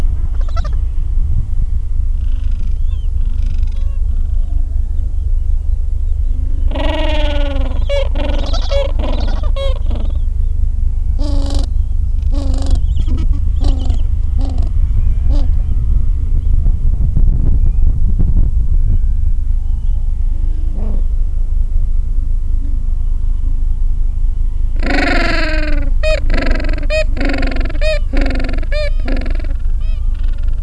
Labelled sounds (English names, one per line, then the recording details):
Gentoo Penguin
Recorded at the colony at Whistle Cove, on 23 December 2014
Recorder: Song Meter SM2+